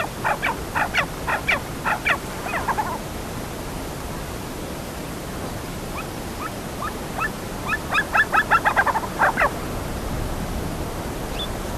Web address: himalayan snowcock